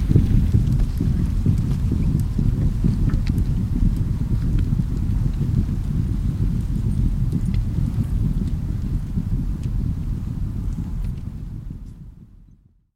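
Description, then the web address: Hoofbeats of horses mixed with heavy, rapid trampling of a passing column, a constant low rumble that fades away near the end. War horses, with infantry and cavalry passing by. "Hollywood Edge Historical Series War Horses Armies Weapons Infantry And Cavalry Pass By"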